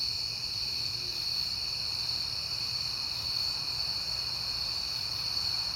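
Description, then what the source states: Crickets sing in a continuous high, even trill, with a faint low drone in the background. Crickets at night in September, on a peaceful night.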